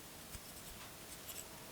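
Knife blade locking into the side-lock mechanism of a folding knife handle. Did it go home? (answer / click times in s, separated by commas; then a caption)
no / none. The blade of a folding pocket knife with a thick carbon blade is handled and swung toward open in its side-lock handle, producing faint dry rubbing and scraping with a few soft ticks over a quiet background. Nothing has locked or clicked into the side lock yet when the clip ends.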